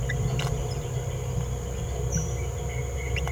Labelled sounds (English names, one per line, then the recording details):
Green-rumped Parrotlet babbling
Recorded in a nest box in Venezuela
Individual 18B17A4